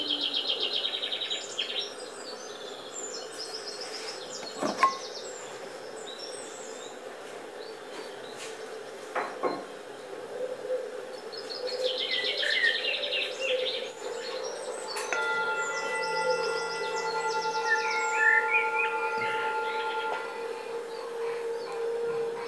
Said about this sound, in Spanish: Si te llega algo, seguro que algo bueno te llega, porque hay pajaritos, naturaleza, sonando. Eso ya es bueno.